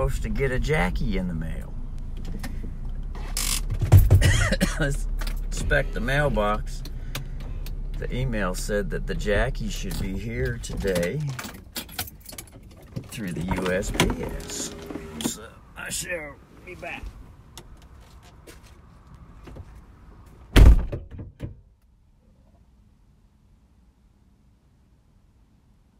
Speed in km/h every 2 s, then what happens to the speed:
7, 7, 7, 0, 0, 1, 1, 1, 1, 1, 1, 1, 1.
0-5 steady at about 7. 5-26 standing.